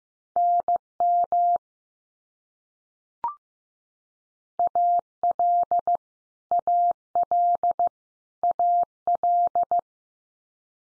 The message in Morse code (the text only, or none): NM AL AL AL